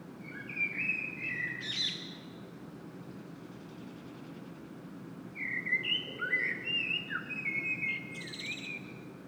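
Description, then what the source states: Common blackbird delivering a short fluted phrase with a high twitter, then after a few quiet seconds a longer warbling run of whistles, steady low drone underneath. Blackbird singing in Saint-Gilles, Belgium; recorded with a Sony PCM-M10 internal microphone.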